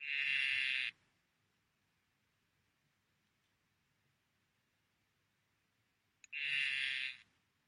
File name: tinctorius azureus calling